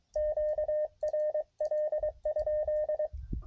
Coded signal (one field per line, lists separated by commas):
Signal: Morse code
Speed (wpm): 23 wpm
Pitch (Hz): 610 Hz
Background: radio noise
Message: QRL?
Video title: CW POTA Activation On The Mountain Topper